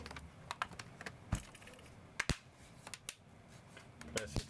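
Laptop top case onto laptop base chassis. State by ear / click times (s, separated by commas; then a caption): seated / 0.6 s, 2.2 s, 2.3 s, 3.1 s, 4.2 s, 4.4 s. The plastic top case of an MSI Katana A15 laptop is pressed down onto the bottom chassis so its edge clips snap into place, to make sure it clicks. Sharp, short clicks are heard at 0.6, 2.2, 2.3, 3.1, 4.2 and 4.4 seconds among softer tapping and handling noise. The top case seats with its clips snapped in.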